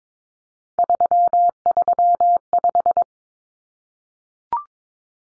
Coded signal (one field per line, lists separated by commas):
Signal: Morse code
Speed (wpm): 22 wpm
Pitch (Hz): 700 Hz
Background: none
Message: 335